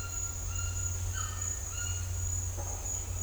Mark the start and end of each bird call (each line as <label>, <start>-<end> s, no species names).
bird call, 0.00-2.06 s